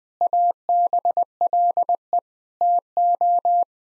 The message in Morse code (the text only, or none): ABLE TO